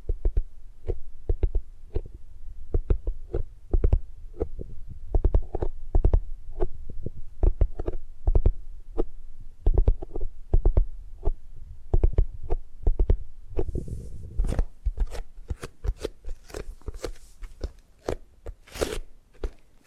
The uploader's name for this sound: Tapping and Gripping Sounds